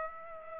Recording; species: mosquito wingbeat signal from an infrared sensor; Aedes aegypti